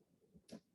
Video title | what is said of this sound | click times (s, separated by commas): Bedside assessment demonstration | um it has a turning diaphragm and bell and when you turn this you can hear a little click sound so that's how you know if it's correct | 0.5 s